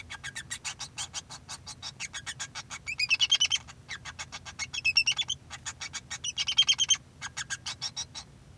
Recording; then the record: song of a male Bengalese finch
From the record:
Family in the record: son of father 2